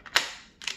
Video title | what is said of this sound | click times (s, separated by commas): ArmadilloTek Vanguard Samsung Note 20 Ultra Case | and just snap in place look at that how | 0.2 s, 0.7 s